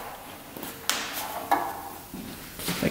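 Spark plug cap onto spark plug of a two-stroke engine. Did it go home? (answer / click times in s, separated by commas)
yes / 0.9 s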